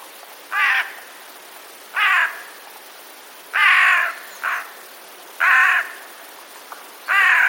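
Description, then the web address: Eurasian jay alarm calls: six harsh, grating screeches at irregular intervals, two of them close together. Alarm calls, recorded 26 September 2021. "wroblowe ostrzegator sojka"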